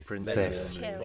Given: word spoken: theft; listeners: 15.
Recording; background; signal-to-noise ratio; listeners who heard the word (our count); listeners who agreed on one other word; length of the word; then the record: one English word in noise, from a listening test; four-talker babble; 0.9 dB; 2 of 15; 11 of 15; 0.64 s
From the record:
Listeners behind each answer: 11, 2, 1, 1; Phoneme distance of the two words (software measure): 55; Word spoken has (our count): 1 syllable, 4 phonemes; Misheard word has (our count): 2 syllables, 7 phonemes, stress on syllable 2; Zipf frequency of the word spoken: 3.95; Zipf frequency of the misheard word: 4.47